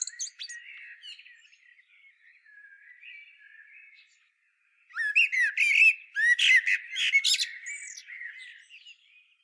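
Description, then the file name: Common blackbird singing: soft, scratchy warbling for several seconds, then a loud burst of squeaky, chattering twitters that fade back into quiet warbles. "Turdus merula"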